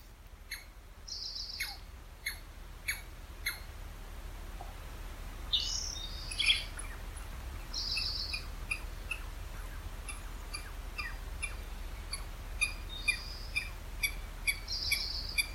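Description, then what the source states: Squirrel giving repeated sharp clicking calls. Recorded by the host and at first mistaken for a woodpecker.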